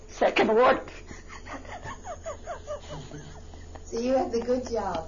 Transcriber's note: she laughs